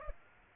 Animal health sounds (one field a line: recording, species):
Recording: mosquito wingbeat signal from an infrared sensor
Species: Aedes aegypti